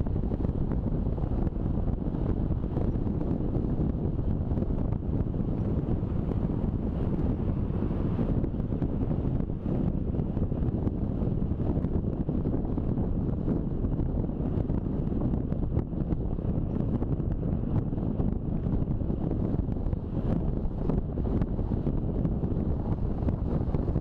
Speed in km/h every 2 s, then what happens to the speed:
27, 28, 28, 28, 31, 31, 32, 34, 34, 34, 35, 35.
0-24 speeds up to 35.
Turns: none.